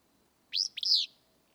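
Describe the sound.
Willow flycatcher song: a single sneezy, buzzy two-part phrase, a short rising burst followed by a longer slurred note.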